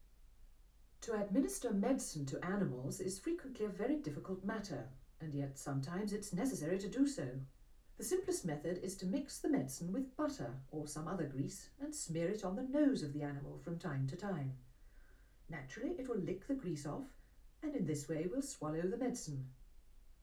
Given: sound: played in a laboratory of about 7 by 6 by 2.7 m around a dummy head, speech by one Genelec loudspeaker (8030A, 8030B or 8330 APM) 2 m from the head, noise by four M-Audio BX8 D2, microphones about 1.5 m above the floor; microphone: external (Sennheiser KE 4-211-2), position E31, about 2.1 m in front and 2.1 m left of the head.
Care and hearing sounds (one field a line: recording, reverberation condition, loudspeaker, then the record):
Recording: female speech in English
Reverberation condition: low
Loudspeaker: 90 degrees to the right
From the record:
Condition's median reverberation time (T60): about 310 ms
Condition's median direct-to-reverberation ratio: about 3.5 dB